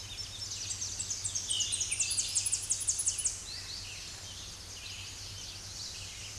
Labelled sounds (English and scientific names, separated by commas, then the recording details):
Tennessee Warbler (Leiothlypis peregrina) song
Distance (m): 35 m
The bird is about 5 m above the microphone
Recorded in a Pennsylvania forest on 16 May 2024 at 07:57
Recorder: AudioMoth, point MSD-1293
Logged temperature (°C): 12.0 °C
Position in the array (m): 31 m, 128 m